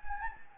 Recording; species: mosquito wingbeat signal from an infrared sensor; Anopheles gambiae